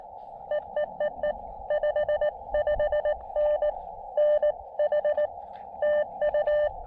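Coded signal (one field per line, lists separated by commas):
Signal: Morse code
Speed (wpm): 21 wpm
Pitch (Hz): 600 Hz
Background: radio noise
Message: E E E E 55N NH TU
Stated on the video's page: QRP CW summit activation on a foggy Craggy Dome using an Elecraft KX2 transceiver and MPAS Lite antenna.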